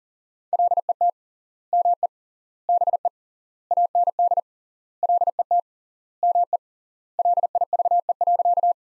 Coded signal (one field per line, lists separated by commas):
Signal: Morse code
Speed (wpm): 40 wpm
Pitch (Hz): 700 Hz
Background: none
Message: LET ME BE AND LET ME LIVE.